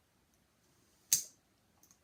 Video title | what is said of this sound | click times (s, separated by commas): Deagostini's build R2D2 1:2 Scale issues 37-40 | Clicks a nice little click place, | 1.1 s